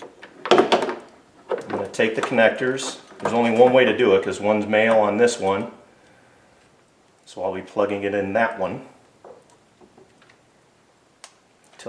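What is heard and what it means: Someone talks while plugging a plastic wiring-harness connector from an HID retrofit kit into the ballast's mating connector. After the talking, faint handling sounds lead to a sharp click at 11.2 s as the connector snaps into place and seats in the ballast.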